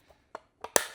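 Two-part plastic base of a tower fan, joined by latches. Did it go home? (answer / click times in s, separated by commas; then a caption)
yes / 0.8 s. The two plastic halves of an Antarctic Star tower fan's base are twisted until their latches line up, then pushed together. A few soft plastic taps and knocks come at about 0.1, 0.4 and 0.6 seconds. A sharp, loud snap at 0.8 seconds marks the halves snapping into place, followed by a brief rattle.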